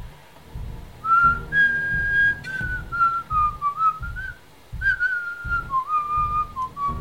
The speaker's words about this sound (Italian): E allora Sabinka si mise a fischiettare.